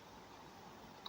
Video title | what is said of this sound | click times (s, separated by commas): How to cleaning inner filter. Ifb washing machine.. | அப்படியே அமுக்கிட்டீங்கன்னா lock ஆயிடும். | 1.1 s